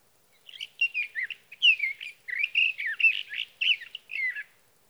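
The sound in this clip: Sage thrasher song, a long, rambling sequence of quick warbled notes lasting about four seconds.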